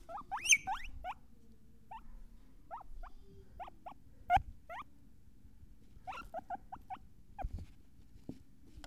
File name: Guinea Pig